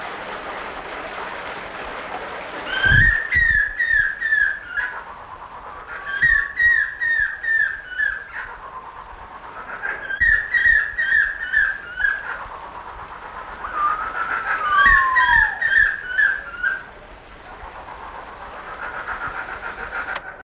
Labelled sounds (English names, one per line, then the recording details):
Stork-billed Kingfisher call
Pheasant Pigeon
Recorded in captivity
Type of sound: call
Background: Otidiphaps nobilis
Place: Vogelpark Walsrode, Niedersachsen, DE
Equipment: Halbspur, 9,5 cm/s
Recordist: Lütgens, Hans
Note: Mit Fasantaube